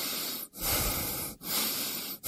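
Heavy, airy breathing in and out on spoken instructions to breathe, in a Polish radio advertisement: about three long loud breaths in a steady rhythm with brief pauses between them, hissy and breathy with no talking.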